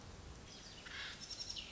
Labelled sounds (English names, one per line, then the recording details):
Pacific Wren
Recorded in Sonoma County, California